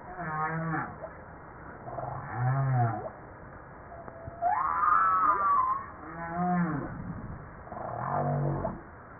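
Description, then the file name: Humpback whale song with low grunting units repeated every couple of seconds and one higher rising-and-falling whooping cry, over a hissing underwater background. Recorded 5 March 1994. "Baleine a bosse 940305"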